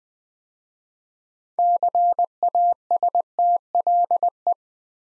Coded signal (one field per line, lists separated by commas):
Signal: Morse code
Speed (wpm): 20 wpm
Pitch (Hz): 700 Hz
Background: none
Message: CASTLE